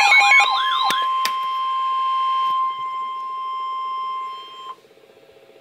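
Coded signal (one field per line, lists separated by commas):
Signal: Emergency Alert System (SAME) tones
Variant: 1050 Hz attention tone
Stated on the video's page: Real EAS Severe Thunderstorm Warning for grapefruit-size hail and 65 mph winds.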